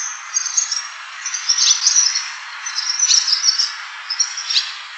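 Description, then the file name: Barn swallow twittering: four bursts of high chattering notes, each about half a second to a second long, separated by brief pauses, over steady hiss. "tubame"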